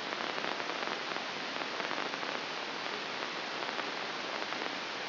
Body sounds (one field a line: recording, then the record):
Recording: brain microelectrode recording played as sound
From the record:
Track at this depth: inside the subthalamic nucleus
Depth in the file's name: 2.632 mm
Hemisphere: left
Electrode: 2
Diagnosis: Parkinson's disease